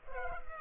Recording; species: mosquito wingbeat signal from an infrared sensor; Culex pipiens